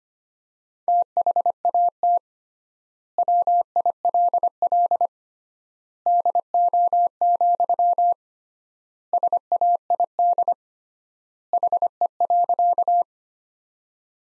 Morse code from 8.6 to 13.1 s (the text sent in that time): SAID HE.